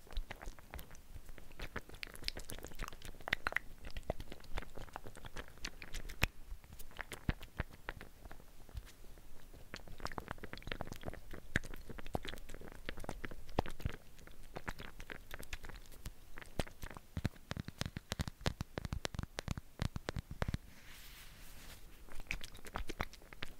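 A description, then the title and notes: Intense bare mic triggers: a dense, continuous run of sharp taps, scratches and rubbing sounds crowding together for the full length. The clicks come rapidly and irregularly, bright and crisp with some low thumps, with a brief lighter stretch around twenty-one seconds. ASMR Intense Bare Mic Triggers.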